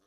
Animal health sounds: pig call; piglet (1 to 25 days)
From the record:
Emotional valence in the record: positive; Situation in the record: short reunion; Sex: female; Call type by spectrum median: low-frequency call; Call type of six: low-frequency tonal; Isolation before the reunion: 3 minutes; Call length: 0.07 s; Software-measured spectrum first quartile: 538 Hz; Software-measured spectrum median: 1716 Hz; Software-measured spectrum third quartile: 7043 Hz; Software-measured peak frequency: 297 Hz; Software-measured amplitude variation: 14 dB a second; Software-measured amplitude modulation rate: 6.9 a second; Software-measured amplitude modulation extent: 2.1 dB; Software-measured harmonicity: 0.5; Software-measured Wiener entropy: -1.81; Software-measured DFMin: 1102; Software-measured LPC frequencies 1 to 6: 428, 1282, 3701, 5738, 6178, 7618 Hz

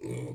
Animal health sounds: pig call; weaner (32 to 43 days)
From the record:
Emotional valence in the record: negative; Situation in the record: novel object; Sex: female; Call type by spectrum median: low-frequency call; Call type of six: low-frequency stable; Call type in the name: low-frequency stable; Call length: 0.35 s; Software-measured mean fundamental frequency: 62 Hz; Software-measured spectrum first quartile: 150 Hz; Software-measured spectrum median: 321 Hz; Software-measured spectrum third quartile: 645 Hz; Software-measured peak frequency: 329 Hz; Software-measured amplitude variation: 113 dB a second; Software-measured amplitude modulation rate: 30.0 a second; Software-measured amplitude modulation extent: 3.8 dB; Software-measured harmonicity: 1.2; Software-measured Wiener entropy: -0.28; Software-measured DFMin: 1006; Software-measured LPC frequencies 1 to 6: 372, 2261, 3401, 5631, 7285, 7988 Hz

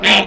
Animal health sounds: pig call; piglet (1 to 25 days)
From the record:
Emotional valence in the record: negative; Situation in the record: crushing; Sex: female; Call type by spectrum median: low-frequency call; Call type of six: low-frequency tonal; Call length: 0.27 s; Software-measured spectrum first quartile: 1028 Hz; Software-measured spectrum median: 2304 Hz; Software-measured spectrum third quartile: 3080 Hz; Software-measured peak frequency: 2318 Hz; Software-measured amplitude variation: 114 dB a second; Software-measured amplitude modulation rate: 9.1 a second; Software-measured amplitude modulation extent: 12.5 dB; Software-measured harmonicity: 1.1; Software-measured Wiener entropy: -1.16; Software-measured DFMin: 750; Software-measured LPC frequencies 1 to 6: 733, 2450, 2954, 3473, 4577, 6110 Hz

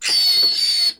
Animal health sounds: pig call; piglet (1 to 25 days)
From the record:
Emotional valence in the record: negative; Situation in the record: castration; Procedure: castration, shear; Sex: male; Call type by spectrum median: high-frequency call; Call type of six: high-frequency modulated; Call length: 1.00 s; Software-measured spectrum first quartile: 4331 Hz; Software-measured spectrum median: 4550 Hz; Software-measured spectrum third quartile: 5368 Hz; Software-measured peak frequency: 4433 Hz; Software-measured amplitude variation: 107 dB a second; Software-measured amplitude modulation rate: 21.4 a second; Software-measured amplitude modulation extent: 5.0 dB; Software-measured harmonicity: 11.3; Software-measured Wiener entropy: -3.38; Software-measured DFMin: 782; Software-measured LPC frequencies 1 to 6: 901, 2024, 2771, 3674, 4461, 7198 Hz

